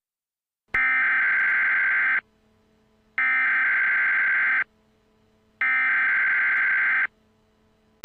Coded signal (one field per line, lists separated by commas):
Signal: Emergency Alert System (SAME) tones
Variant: header bursts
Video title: EAS Alert: Hurricane Warning for counties in the alert.